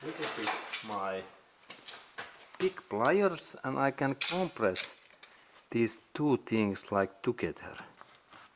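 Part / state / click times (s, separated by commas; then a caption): rear brake caliper parts (pads/retainer) on a car / not seated / none. While replacing the rear brake pads on a 2004–2012 BMW 1 Series E87, someone talks while handling the rear brake caliper parts (pads/retainer) and getting ready to squeeze two metal brake parts together with big pliers. Light metallic handling clinks are heard under the speech. Nothing has seated or clicked yet.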